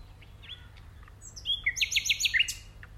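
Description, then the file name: Common nightingale song: a brief rapid trill of about six loud, repeated rattling notes following a few scattered soft chips, with quiet hum in the background. "Luscinia megarhynchos"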